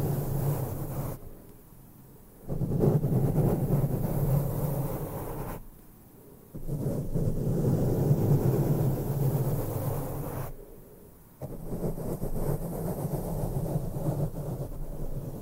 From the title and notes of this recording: ASMR INTENSE MIC BRUSHING NO TALKING, ASMR BRUSHING SOUNDS, BRUSH MICROPHONE ASMR.